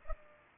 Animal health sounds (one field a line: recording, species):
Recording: mosquito wingbeat signal from an infrared sensor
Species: Culex pipiens